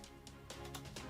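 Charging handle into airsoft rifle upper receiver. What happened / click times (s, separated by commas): Handled, not yet home: the part is being positioned, no seating click confirmed / none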